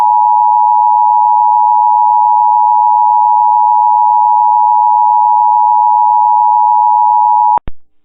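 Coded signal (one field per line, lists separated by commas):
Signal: Emergency Alert System (SAME) tones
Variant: 853 and 960 Hz attention tone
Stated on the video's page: Real Required Monthly Tests for Pennsylvania, Indiana and Kentucky.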